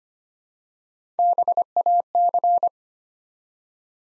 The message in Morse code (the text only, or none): BAC